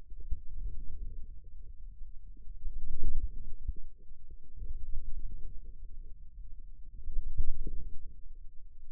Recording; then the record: forearm muscle sounds (acoustic myography)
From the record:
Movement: wrist flexion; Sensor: system 2, bracelet of six BSWA MPA416 microphones around the upper forearm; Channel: 2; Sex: male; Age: 22 years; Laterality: right